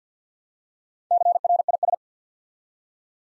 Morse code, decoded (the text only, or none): CRIS